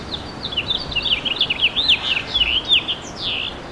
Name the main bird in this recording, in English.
House Finch